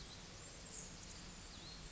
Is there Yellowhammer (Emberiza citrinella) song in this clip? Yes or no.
no